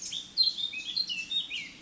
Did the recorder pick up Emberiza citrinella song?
no